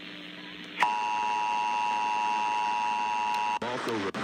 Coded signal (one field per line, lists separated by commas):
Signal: Emergency Alert System (SAME) tones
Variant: 853 and 960 Hz attention tone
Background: speech